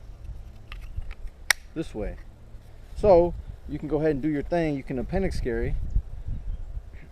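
A tethered plastic trigger guard holster is snapped onto the trigger guard of a training pistol, with faint light ticks just before a sharp, loud snap at 1.5 s as it seats in place. Someone then talks over a quiet background.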